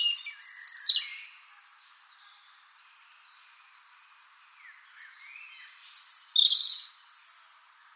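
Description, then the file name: European robin song: a brief high jangling phrase, a quiet pause with faint sliding notes, then two more bright whistled and trilled bursts. "Erithacus rubecula"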